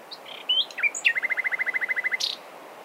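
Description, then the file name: Common nightingale song phrase: a few slurred whistles followed by a quick even series of about a dozen repeated notes, ending in a short buzzy burst. "Luscinia megarhynchos"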